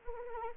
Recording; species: mosquito wingbeat signal from an infrared sensor; Anopheles arabiensis